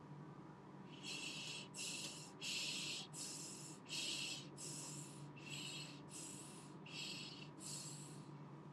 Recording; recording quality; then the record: shallow breathing; excellent, no background noise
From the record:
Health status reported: healthy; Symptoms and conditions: diabetes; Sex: male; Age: 55 years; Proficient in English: yes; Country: India